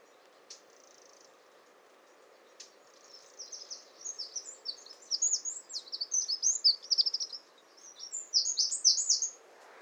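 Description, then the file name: Eurasian wren song: a few scattered sharp notes, then a long run of high trills and piercing notes lasting about six seconds. "Troglodytes troglodytes"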